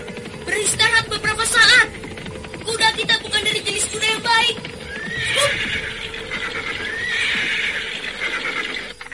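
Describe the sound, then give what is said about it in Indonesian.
A horse whinnies in several high, wavering bursts over a steady clatter of galloping hooves, followed by a longer, smoother neigh as the hoofbeats continue underneath. The horses are being spurred on by two teenagers riding toward the Cipunagara river. “memacu kudanya menuju sungai Cipunagara, di mana Nenek Jampi bertempat tinggal”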